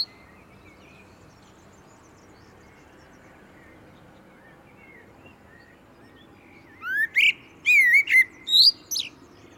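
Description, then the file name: Common blackbird song after a long quiet stretch: a rising whistle then a burst of rapid high twittering notes over faint background hiss. "Turdus merula"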